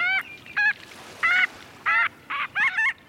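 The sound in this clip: Marbled Godwit calls, several separate nasal, honking notes given at uneven intervals, the last ones run closer together.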